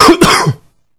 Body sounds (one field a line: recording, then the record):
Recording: coughing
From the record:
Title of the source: Coughing 46